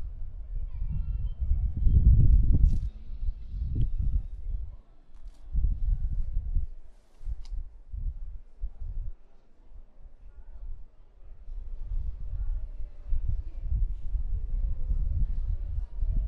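A walk through Prague from the Castle toward Charles Bridge, carried mostly by low rumbling and thudding, heaviest around two to three seconds and again near five to seven. Faint speech surfaces briefly, with a few sharp ticks near seven seconds and a quieter stretch around ten.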